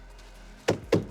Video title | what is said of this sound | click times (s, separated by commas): F-150 Build: Driveway Mods - Day 1 | And then she locks into place. | 0.7 s, 0.9 s